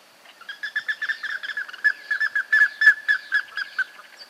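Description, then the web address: Plumbeous ibis giving rapid ringing calls, several a second, building in loudness midway then easing off. "sound Plumbeous-ibis. صدای-پرنده-اکراس-سربی"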